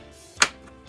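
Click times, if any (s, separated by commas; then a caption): 0.4 s. The side locking tabs of the bottom plate on a Riccar Vibrance vacuum are pushed into the vacuum base while the belt is being changed. A single sharp click sounds at 0.4 s over a quiet, steady background. The tabs seat and the bottom plate clicks into place.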